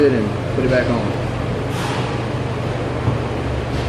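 On an R33 GT-R, the cleaned CV axle's inner shaft is being put back and lined up into the differential before it is shoved in to seat the snap ring. Someone talks over a steady low hum. Nothing has seated or clicked yet.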